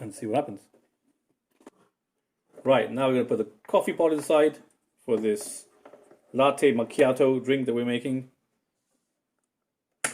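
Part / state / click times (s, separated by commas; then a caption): capsule holder closing into a pod coffee machine / seated / 10.0 s. Someone talks while loading a coffee pod into the capsule holder of a white DeLonghi Nescafé Dolce Gusto Jovia pod coffee machine for a latte macchiato. At 10.1 s the plastic capsule holder lid is closed and shuts with a single loud, sharp click. The pod is seated and pierced by the machine.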